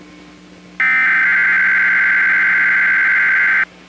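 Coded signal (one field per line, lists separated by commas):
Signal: Emergency Alert System (SAME) tones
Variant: header bursts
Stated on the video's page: NOAA weather radio tornado watch received from the Green Bay station.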